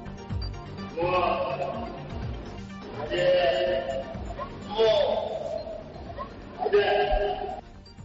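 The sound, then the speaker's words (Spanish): An elephant gives four drawn-out, wavering calls in a row, each a rich, bleat-like tone lasting about a second, moderately loud over a low, rumbling background. “Por si no lo habéis escuchado bien, ...vamos a repetirlo, Noel, por favor, porque esto es un elefante.”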